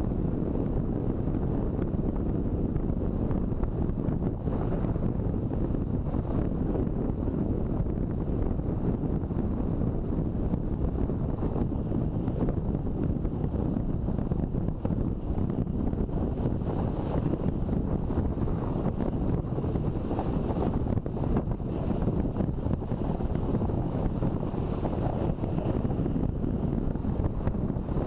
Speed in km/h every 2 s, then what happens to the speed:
28, 29, 30, 28, 28, 29, 29, 29, 29, 29, 29, 30, 30, 30.
0-28 steady at about 29.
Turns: none.